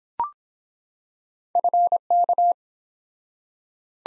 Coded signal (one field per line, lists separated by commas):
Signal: Morse code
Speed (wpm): 23 wpm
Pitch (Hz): 700 Hz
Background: none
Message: FK